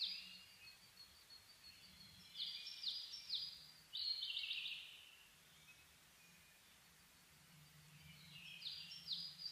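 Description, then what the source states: Bird song: several bursts of high, quickly falling notes around the middle and end, separated by quiet gaps, over a steady low hum. Dawn chorus (reimei) recorded 10 May 2010.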